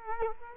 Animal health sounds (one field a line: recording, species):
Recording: mosquito wingbeat signal from an infrared sensor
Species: Culex quinquefasciatus